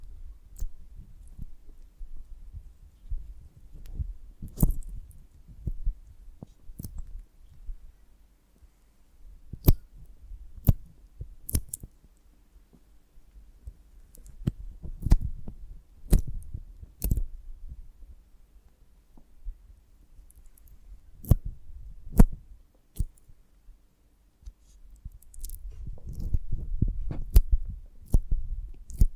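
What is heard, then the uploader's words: Soft ASMR handling of a honeycomb on a branch: sharp, bright clicks and crackles scattered irregularly through the clip, some in quick pairs. Low, muffled thumps and rumbles sit underneath, swelling in soft bursts around the middle and again near the end. ASMR of a Honeycomb on Branch (No Talking).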